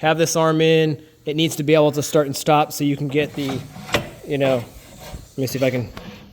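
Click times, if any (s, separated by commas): none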